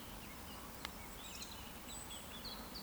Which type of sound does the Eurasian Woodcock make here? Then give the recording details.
whistle. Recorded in Baden-Württemberg, Germany, on 14 June 2020 at 19:59 UTC. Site 14569, 102 m above sea level